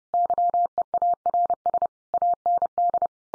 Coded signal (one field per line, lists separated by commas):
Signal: Morse code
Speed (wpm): 30 wpm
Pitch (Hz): 700 Hz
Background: none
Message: YEARS AND